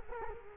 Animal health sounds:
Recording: mosquito wingbeat signal from an infrared sensor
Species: Culex quinquefasciatus

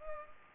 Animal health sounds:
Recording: mosquito wingbeat signal from an infrared sensor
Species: Culex pipiens

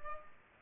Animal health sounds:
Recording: mosquito wingbeat signal from an infrared sensor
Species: Culex pipiens

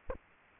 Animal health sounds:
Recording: mosquito wingbeat signal from an infrared sensor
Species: Aedes aegypti

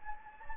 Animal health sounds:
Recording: mosquito wingbeat signal from an infrared sensor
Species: Anopheles gambiae

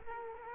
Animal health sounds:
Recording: mosquito wingbeat signal from an infrared sensor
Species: Culex quinquefasciatus

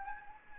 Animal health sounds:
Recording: mosquito wingbeat signal from an infrared sensor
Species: Anopheles gambiae

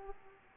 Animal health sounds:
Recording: mosquito wingbeat signal from an infrared sensor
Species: Aedes aegypti

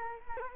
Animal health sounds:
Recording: mosquito wingbeat signal from an infrared sensor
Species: Culex quinquefasciatus

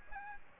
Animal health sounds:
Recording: mosquito wingbeat signal from an infrared sensor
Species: Aedes aegypti

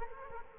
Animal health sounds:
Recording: mosquito wingbeat signal from an infrared sensor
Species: Culex quinquefasciatus

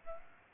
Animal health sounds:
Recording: mosquito wingbeat signal from an infrared sensor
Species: Aedes albopictus

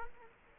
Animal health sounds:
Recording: mosquito wingbeat signal from an infrared sensor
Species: Culex quinquefasciatus

